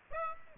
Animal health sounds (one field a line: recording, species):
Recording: mosquito wingbeat signal from an infrared sensor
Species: Aedes aegypti